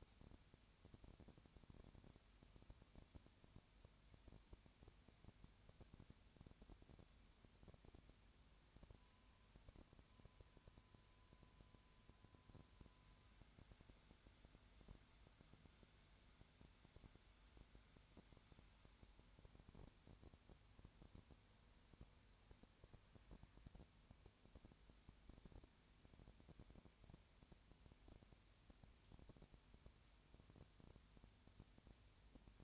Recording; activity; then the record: daily activity, microphone in the room; no activity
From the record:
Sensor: 2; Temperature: 20.4 degrees Celsius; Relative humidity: 35.6%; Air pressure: 1007.1 hPa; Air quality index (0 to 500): 122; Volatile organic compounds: 2 ppm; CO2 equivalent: 1252 ppm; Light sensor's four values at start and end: 2/3/2/2 and 2/3/2/2